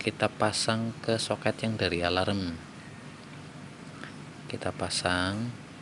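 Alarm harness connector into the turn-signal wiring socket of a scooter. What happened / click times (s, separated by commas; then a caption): Handled, not yet home: the wiring connector has not clicked in / none. A man talks while handling the plug-and-play connector of a Cr7 PNP alarm harness, about to push it into the black turn-signal wiring socket of an Aerox scooter. A brief faint tap is heard near 4.0 s, but nothing has seated or clicked yet; the connector is not yet locked in when the clip ends.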